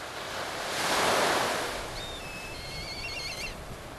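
Kite giving a whistled call: a short falling note, then a level whistle turning into a rapid tremulous trill, with surf and wind rushing throughout.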